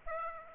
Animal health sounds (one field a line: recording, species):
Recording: mosquito wingbeat signal from an infrared sensor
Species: Aedes aegypti